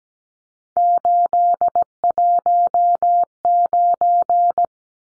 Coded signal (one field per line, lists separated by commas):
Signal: Morse code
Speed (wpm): 17 wpm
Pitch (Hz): 700 Hz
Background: none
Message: 819